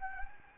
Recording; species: mosquito wingbeat signal from an infrared sensor; Anopheles gambiae